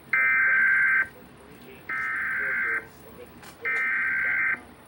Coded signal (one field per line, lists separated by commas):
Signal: Emergency Alert System (SAME) tones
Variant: header bursts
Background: speech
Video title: EAS - Maryland Child Abduction Emergency